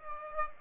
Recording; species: mosquito wingbeat signal from an infrared sensor; Aedes aegypti